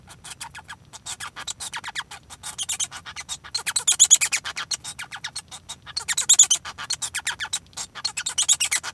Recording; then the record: song of a male Bengalese finch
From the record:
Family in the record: son of father 1